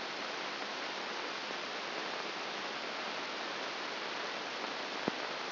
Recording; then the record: brain microelectrode recording played as sound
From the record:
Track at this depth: inside the subthalamic nucleus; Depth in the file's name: 4.302 mm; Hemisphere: left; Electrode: 2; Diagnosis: Parkinson's disease